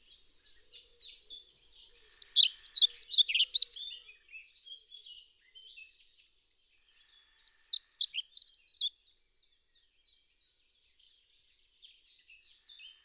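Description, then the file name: European pied flycatcher song: two bursts of high, varied notes, the first about two seconds long, the second a few seconds later, with only faint notes between. "Bonte Vliegenvanger Ficedula hypoleuca"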